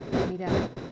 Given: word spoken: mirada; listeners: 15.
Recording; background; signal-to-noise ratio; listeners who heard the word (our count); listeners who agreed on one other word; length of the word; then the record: one Spanish word in noise, from a listening test; noise modulated by one talker; -7.2 dB; 1 of 15; 6 of 15; 0.52 s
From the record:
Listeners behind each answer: 6, 2, 2, 1, 1, 1, 1, 1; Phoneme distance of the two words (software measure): 17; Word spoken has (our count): 3 syllables, 6 phonemes, stress on syllable 2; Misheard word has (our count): 2 syllables, 5 phonemes, stress on syllable 2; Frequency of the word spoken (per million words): 108.03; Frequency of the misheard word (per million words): 49.50